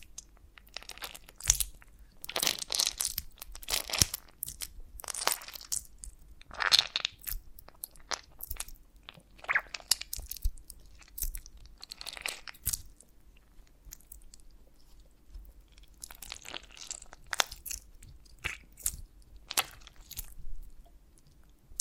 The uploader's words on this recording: ASMR of a Honeycomb on Branch (No Talking).